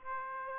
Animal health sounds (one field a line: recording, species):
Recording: mosquito wingbeat signal from an infrared sensor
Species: Aedes aegypti